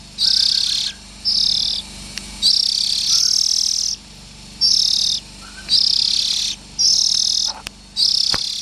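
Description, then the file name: Oriental magpie-robin giving harsh, hissing buzzy notes, mostly under a second long, repeated roughly once a second, with faint soft chirps lower beneath. Young birds. "Tieng chim chich choe than non"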